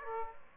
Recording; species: mosquito wingbeat signal from an infrared sensor; Aedes aegypti